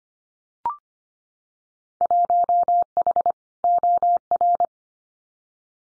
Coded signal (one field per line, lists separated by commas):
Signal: Morse code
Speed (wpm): 25 wpm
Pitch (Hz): 700 Hz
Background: none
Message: 1H OR